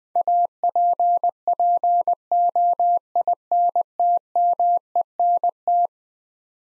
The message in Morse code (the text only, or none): APPOINTMENT